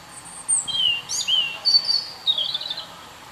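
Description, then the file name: European robin song: a short, fluid phrase of high whistles, sliding notes and quick warbles, rising and falling in pitch. "Erithacus rubecula"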